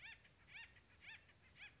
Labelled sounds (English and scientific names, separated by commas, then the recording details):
Acorn Woodpecker (Melanerpes formicivorus)
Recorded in Sonoma County, California